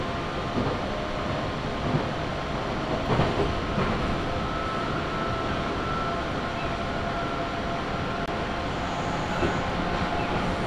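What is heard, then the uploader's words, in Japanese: Recorded aboard a train on a rural line, a steady, dense rumble and hiss fills the carriage with little change in level. Faint rhythmic clicks from the wheels and a few brief knocks, near 3 and 4 seconds, cut through the constant roar. 中央西線 十二兼→木曽福島。十二兼駅を過ぎると単線区間が出てきます。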